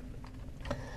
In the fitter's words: so it actually just snaps right in so you can see it's pretty secure